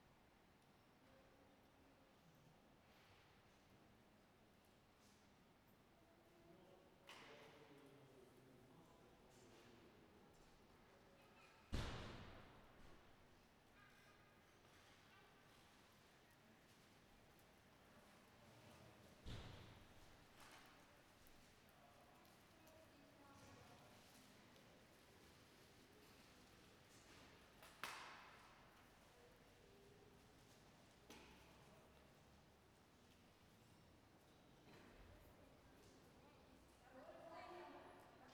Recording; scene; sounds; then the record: everyday scene through a hearing-aid microphone; reverberant space; background noise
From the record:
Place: railway station hall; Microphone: behind the ear, right, rear